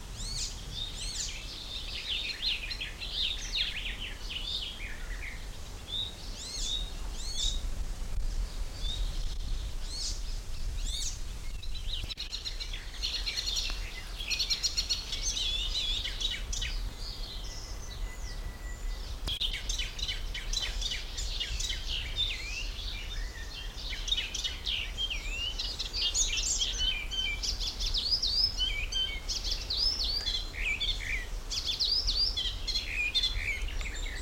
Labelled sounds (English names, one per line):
Garden Warbler